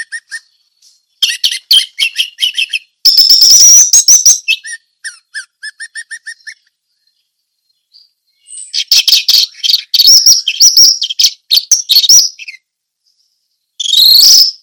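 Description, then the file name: Orange-headed thrush giving lengthy bouts of loud, fast, varied trills and chirps, with rhythmic series of short whistled notes and a pause midway. Song in the style called 'ngeplong teler'; Indonesian name anis merah. "suara anis merah ngeplong teler"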